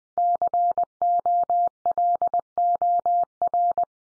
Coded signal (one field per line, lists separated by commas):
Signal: Morse code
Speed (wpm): 20 wpm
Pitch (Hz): 700 Hz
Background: none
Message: COLOR